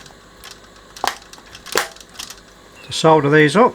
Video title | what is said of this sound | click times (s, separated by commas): The TECHNICS Tape Deck (RS-671) | They just sort of snap in place | 1.1 s, 1.8 s